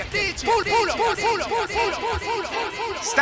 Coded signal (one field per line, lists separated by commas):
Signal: none